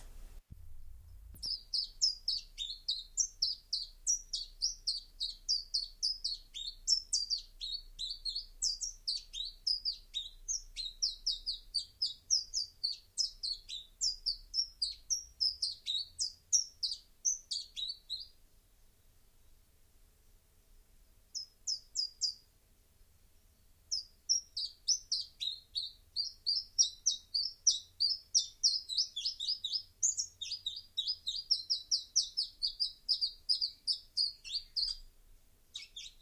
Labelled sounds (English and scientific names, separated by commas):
Common Chiffchaff (Phylloscopus collybita) song